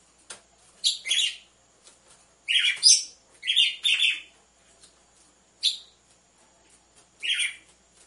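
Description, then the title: Red-cowled cardinal song: short, harsh chirped phrases given in several bursts, with faint sharp clicks between. Female song, used to warm up males; with the beat of two males. "Canto Galo Campina Fêmea 01. ESQUENTE GALO DE CAMPINA COM BATIDA DE DOIS MACHOS"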